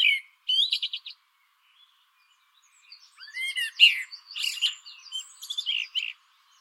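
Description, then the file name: Eurasian blackbird singing: a short mellow warbled phrase, a pause, then a longer burst of fluty notes ending in squeaky high twitters. "Turdus merula"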